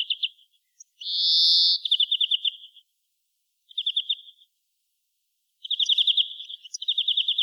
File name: Chloris chloris